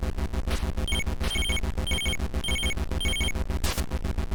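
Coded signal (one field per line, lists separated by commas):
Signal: none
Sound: game loading music tones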